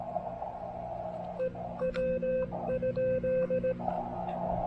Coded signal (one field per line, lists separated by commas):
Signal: Morse code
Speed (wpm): 18 wpm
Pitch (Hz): 520 Hz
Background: radio noise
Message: E W ?